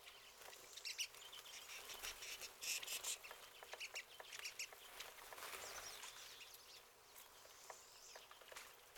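Pine siskin flock chatter, overlapping high twitters mixed with frequent sharp clicking ticks.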